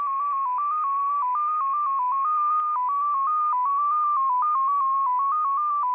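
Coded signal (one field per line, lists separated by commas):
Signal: numbers station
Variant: XPA2 MFSK data mode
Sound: continuous single tone rapidly hopping between a few close pitches around 1 kHz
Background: faint radio hiss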